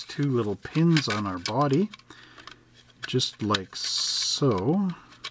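A plastic part from a Revell/Monogram 1957 Chevrolet Hardtop model kit is handled against the two small locating pins on the car's body while someone talks. A few faint ticks of handling sound between the speech, but nothing has seated or clicked yet; the part is not yet home.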